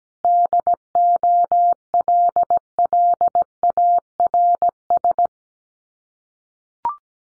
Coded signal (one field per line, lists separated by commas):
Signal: Morse code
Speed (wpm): 17 wpm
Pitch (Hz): 700 Hz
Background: none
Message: DOLLARS